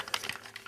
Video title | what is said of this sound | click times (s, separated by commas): 1993 Mighty Morphin Power Rangers Dino Megazord Review | there's these two right here that are going to clip on right like that and then | 0.1 s